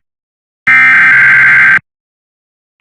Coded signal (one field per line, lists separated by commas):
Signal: Emergency Alert System (SAME) tones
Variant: header bursts